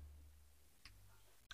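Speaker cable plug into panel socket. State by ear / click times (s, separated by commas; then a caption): seated / 1.5 s. A Speakon speaker cable plug is inserted into its panel socket and twisted until it locks. A soft tick is heard at about 0.9 s, then a sharp click at 1.5 s as the plug seats.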